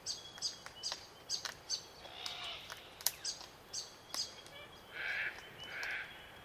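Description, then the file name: Glossy black cockatoo calls: two drawn-out, wailing notes near the end, after a run of quick sharp chirps and ticks. Calls described as melodic. "melodic glossy black cuckatoos"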